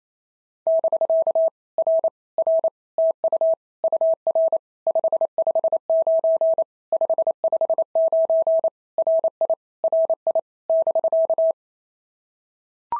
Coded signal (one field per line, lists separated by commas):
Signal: Morse code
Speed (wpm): 24 wpm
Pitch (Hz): 650 Hz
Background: none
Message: <BK> R R TU UR 559 559 RI RI <BK>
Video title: POTA QSO Practice - 28wpm